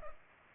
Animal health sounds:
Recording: mosquito wingbeat signal from an infrared sensor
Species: Culex pipiens

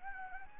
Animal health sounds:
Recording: mosquito wingbeat signal from an infrared sensor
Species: Anopheles gambiae

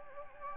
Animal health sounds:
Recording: mosquito wingbeat signal from an infrared sensor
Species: Anopheles gambiae

